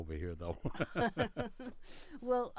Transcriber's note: both laugh